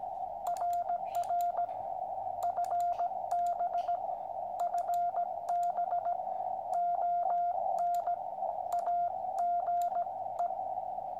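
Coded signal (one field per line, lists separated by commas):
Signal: Morse code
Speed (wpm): 17 wpm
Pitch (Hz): 700 Hz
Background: radio noise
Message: RR FB FB ON AGE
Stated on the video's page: QCX QRP CW transceiver kit making a contact with England.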